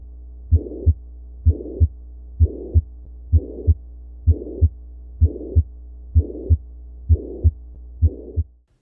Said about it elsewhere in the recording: Mitral regurgitation. We hear a systolic murmur occurring as we feel the pulse, but this time the second heart sound is intact telling us that this murmur can't really be due to significant aortic stenosis that clear, normal second heart sound straight after the murmur.